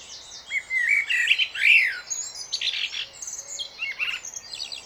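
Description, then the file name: Common blackbird song: fluty, warbled whistles rising and falling, followed by a squeaky, high twittering flourish, then scattered thin high notes. "Turdus merula"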